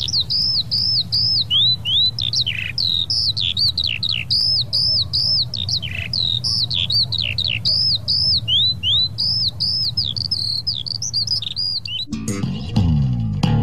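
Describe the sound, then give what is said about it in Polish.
Birds chirp and squawk in quick, repeated high-pitched calls, a steady run of sharp notes over a low background hum, ending abruptly in a brief burst of noise. “No i trochę wiosennie nam się zrobiło tej zimy, która trochę jesienią jest chyba też.”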